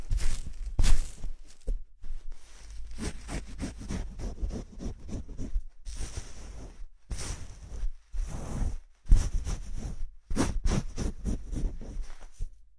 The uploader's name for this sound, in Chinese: 泡沫洗头 按摩